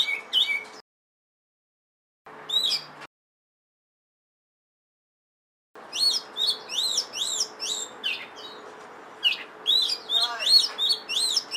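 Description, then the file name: Oriental magpie-robin song in broken snatches, then a long lively stretch of rapid, varied whistles and rising-falling chirps over a faint steady hum. Indonesian local name kacer, variety called lutung cebu. "audio burung kacer lutung cebu. omkicau"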